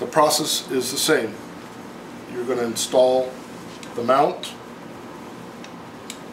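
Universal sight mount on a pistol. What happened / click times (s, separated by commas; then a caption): Handled, not yet home: the mount has not clicked into place / none. Someone talks while handling a UM Tactical universal metal red-dot sight mount on a Springfield XDM pistol, getting ready to slide it rearward onto the gun. Two faint, brief ticks follow at about 5.6 and 6.1 seconds. Nothing has seated or clicked yet.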